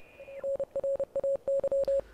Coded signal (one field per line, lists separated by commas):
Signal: Morse code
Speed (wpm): 30 wpm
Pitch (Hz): 550 Hz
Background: music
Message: NRAY